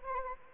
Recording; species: mosquito wingbeat signal from an infrared sensor; Anopheles arabiensis